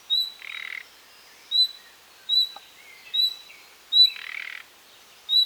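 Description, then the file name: Common nightingale calling with pure single whistles about every second, plus a pair of coarse, buzzy rasps and a faint lower slurred note. "Luscinia megarhynchos"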